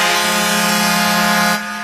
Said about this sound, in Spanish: esa es la otra bocina, oye esa.